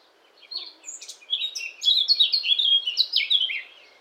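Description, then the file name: Eurasian blackcap song: a quick scratchy warble that builds into a louder, clear fluting phrase of high notes before fading. "Sylvia atricapilla"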